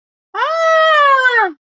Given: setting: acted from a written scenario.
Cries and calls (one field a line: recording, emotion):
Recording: vocal sound without words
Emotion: distress